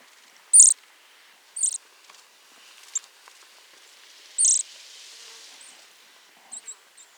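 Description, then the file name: Eurasian nuthatch calls, short high piping notes given singly at irregular gaps of one to two seconds, with a softer group of three notes near the end. "Sitta europaea"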